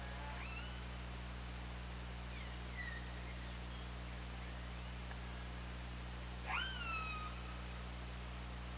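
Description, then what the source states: Orca calls: faint calls early on, then a loud call near the end that sweeps up and levels off into a held harmonic tone, over steady low hum. Captured by an OrcaLab hydrophone on 24 August 2017 at 20:25.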